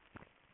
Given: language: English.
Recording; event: throat vibration sensor signal played as sound; swallow